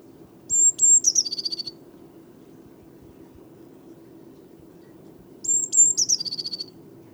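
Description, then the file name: Eurasian blue tit giving two song phrases about five seconds apart, each with piercing high notes and a tumbling trill, against a soft low hum. "Cyanistes caeruleus"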